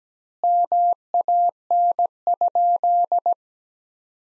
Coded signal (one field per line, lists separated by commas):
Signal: Morse code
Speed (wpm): 17 wpm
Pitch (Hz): 700 Hz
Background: none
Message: MAN?